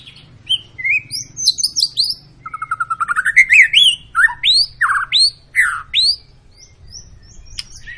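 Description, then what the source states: White-rumped shama song opening with mixed whistles, then a rising series of quick notes and a run of loud up-slurred whistles. Long continuous lure song of a vigorously singing (gacor) bird, used to prompt other shamas to sing.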